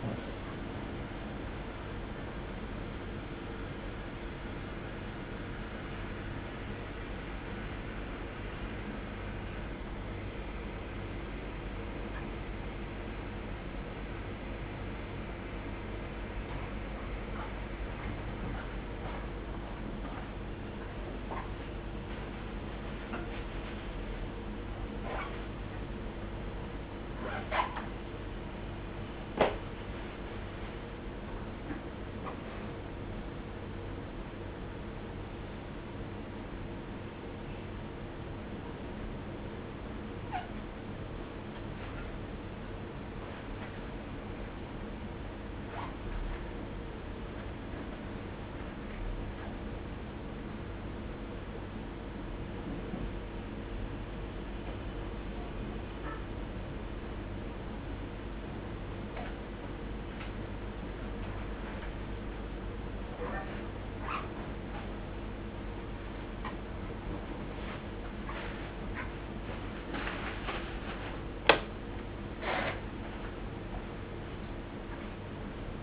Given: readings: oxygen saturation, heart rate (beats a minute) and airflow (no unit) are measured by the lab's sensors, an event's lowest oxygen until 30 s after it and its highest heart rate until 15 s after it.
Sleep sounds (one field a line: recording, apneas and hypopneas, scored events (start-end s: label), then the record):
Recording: a person awake in a sleep study, by a voice recorder at the bedside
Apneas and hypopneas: none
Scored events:
0.00-75.83 s: awake
From the record:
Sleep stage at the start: awake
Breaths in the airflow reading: 26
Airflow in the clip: -0.7 to 0.6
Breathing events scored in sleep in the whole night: 101 in 7.3 hours asleep